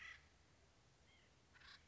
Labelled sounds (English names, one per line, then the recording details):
White-breasted Nuthatch
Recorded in Sonoma County, California